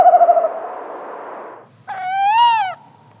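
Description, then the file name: Tawny owl with the tail of a low wavering hoot, then a brief pause and a short, harmonic, rising-and-falling wail. "kattugle"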